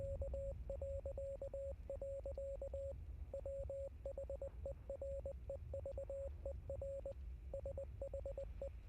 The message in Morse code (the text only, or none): K.. WHEREVER SHE